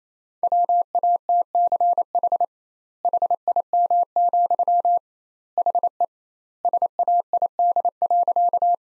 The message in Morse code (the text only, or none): WATCH HIM, HE SAID.